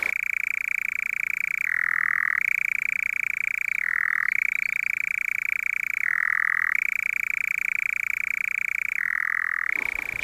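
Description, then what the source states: European Nightjar churring, a continuous electric reeling trill that drops briefly in pitch every few seconds. Churring at dusk on Ashdown Forest heath, at the handover from day to night; an eerie, electric sound.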